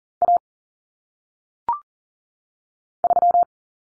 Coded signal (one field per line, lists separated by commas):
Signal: Morse code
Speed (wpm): 40 wpm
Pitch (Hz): 700 Hz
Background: none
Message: A 3